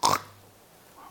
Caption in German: Ein extremes Schnarchgeräusch hören mit starken Unterbrüchen. Lange Pause, dann kann man auch mit so einer App erkennen, dass eine Störung vorliegt.